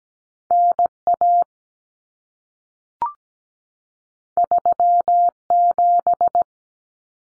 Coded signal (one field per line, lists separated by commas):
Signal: Morse code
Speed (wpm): 17 wpm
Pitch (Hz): 700 Hz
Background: none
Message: NA 37